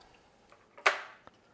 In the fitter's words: Just snaps into place magnetically.